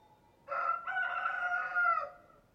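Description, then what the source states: Chicken: rooster crowing: a single harsh, drawn-out cock-a-doodle-doo with a short opening note, then a long sustained phrase that fades at the end. Rooster (adult male).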